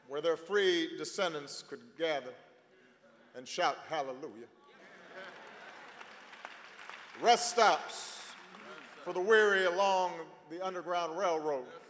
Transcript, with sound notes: where their free descendants could gather and shout hallelujah -- (applause) rest stops for the weary along the Underground Railroad;